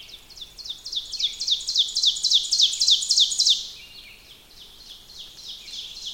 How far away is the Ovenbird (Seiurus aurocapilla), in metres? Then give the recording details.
about 15 m. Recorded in boreal forest in Alberta, Canada, on 5 June 2016 at 06:52. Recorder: SongMeter 3, array SBT-3-51. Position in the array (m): 229 m, 195 m. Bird 28